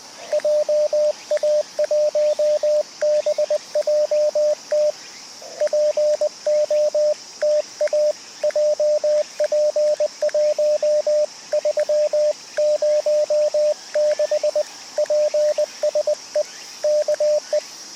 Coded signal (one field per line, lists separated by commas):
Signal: Morse code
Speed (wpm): 20 wpm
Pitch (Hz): 590 Hz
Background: radio noise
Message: JA1BJT POTA JP1306 PSE K E